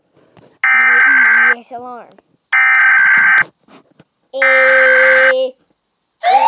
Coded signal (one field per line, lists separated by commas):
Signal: Emergency Alert System (SAME) tones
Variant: header bursts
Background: speech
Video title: Eas alarms part 1 different years and current years